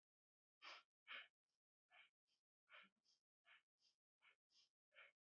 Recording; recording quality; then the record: shallow breathing; excellent, no background noise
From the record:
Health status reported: healthy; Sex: male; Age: 25 years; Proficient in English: yes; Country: India